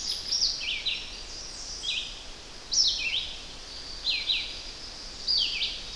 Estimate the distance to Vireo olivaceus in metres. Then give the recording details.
about 20 m. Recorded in boreal forest in Alberta, Canada, on 10 June 2016 at 07:09. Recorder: SongMeter 3, array SBT-3-39. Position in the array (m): 200 m, 128 m